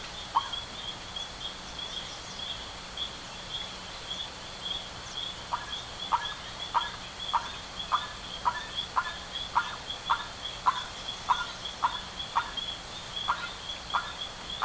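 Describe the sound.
Bird calls: sparse short harsh notes at first, then a fast run of clipped buzzy calls, about two a second, over a constant high hum.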